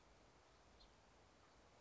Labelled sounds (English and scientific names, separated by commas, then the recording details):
House Finch (Haemorhous mexicanus)
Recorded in Sonoma County, California